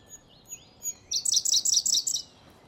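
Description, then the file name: Indian blue robin song, soft high whistles leading into a rapid, loud, repeated chattering phrase lasting about a second. "robin-indian-blue Larvivora-brunnea"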